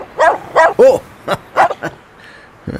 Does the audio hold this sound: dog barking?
yes